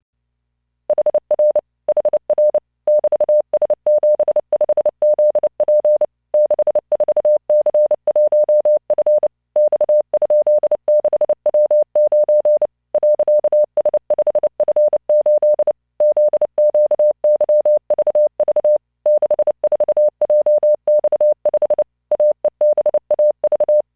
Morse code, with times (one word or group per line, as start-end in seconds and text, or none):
0.9-1.6 HR
1.9-2.6 HR
2.9-6.0 <BT>S75ZP
6.3-9.3 64C1F
9.6-12.7 X?6W9
12.9-15.7 .S5F8
16.0-18.8 ZQYVV
19.1-21.8 64JX5
22.1-23.8 AEBAV